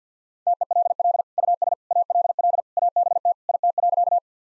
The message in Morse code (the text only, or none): TELL US ALL ABT IT.